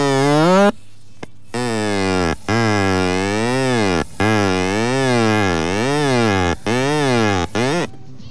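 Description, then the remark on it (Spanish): A straw flute made of two drinking straws, one inside the other to form a plunger like a trombone, blows a loud, buzzy, reedy tone that slides up and down in pitch, broken into several phrases by short pauses. “No es una moto, no es una bicicleta eléctrica, son dos sorbetes.”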